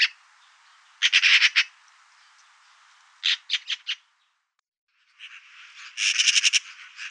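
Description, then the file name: Eurasian magpie giving harsh, rattling chatter in several short bursts, each a rapid run of dry, grating notes separated by pauses. "Pie bavarde"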